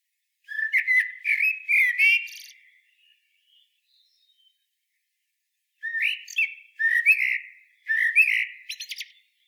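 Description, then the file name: Common blackbird song: a phrase of low fluted whistles with scratchy high twitters, a silent gap of about three seconds, then another similar warbling phrase. "Turdus merula"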